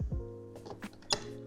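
A J1772 charging handle is plugged back into a car's charge port, with a low thump at the start and small knocks around 0.7 s, 0.9 s and 1.0 s over a steady tonal hum. A sharp click at 1.1 s marks the connector seating in the port. A click from the charging unit and a beep from the car signal that charging has started.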